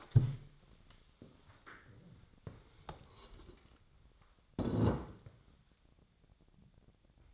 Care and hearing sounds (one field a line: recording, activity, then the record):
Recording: daily activity, microphone in the room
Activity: stand up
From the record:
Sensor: 3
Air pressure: 1000.4 hPa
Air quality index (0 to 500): 168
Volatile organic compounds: 3 ppm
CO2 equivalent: 1467 ppm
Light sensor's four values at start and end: 14/32/14/14 and 14/33/14/15